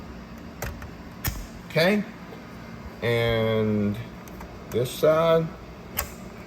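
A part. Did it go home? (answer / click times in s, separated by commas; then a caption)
yes / 6.0 s. A flat metal radio removal key is slid into the release slot on the side of a car head unit for an Audi R8. Someone talks, and a short, sharp click at 6.0 s marks the key locking into place, seated.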